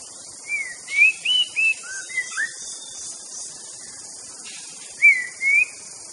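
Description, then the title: White-rumped shama song: a phrase of clear, fluty whistled notes, some rising and some falling, then a short pause and two more slurred whistles over constant insect buzz. Wild bird singing in forest. "Kicau Asli Murai Batu Hutan"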